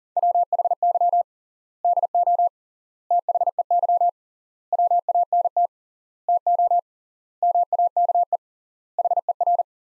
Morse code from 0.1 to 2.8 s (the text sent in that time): WHY DO